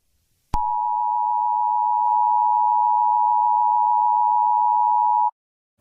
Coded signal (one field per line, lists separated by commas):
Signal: Emergency Alert System (SAME) tones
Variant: 853 and 960 Hz attention tone